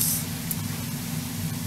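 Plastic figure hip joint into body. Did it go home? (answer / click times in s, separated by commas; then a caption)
partly / 0.5 s. The plastic hip of an Impossible Toys Night-Bird figure, a TFcon exclusive, is tucked into its body against a steady hiss, and a short snap is heard at 0.5 s. Only one side snaps into place; the other hip does not seat.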